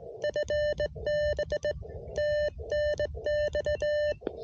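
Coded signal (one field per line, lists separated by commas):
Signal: Morse code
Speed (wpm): 17 wpm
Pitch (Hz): 600 Hz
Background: none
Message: FB TNX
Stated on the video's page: CW POTA park activation with an Elecraft KX1 QRP rig, Bamatech EHT-II paddle, 12V battery power.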